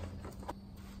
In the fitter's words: I need to reinstall this plate here it just snaps into place